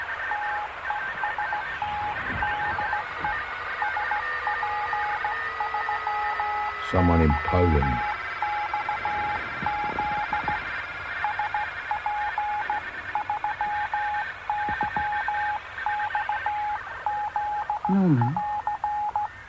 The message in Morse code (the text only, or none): TEST DE SP3YXZ SP3YXZ <AR>